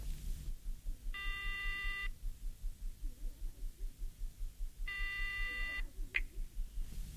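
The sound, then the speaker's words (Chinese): A telephone rings twice as a call is placed, each shrill, buzzing burst lasting about a second with a pause between, over a steady low throbbing hum, ending with a short click. “安排停当后，夜莺马上给许文挂电话。”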